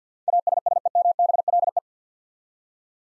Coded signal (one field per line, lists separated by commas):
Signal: Morse code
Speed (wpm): 50 wpm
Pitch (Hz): 700 Hz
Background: none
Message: ASSEMBLE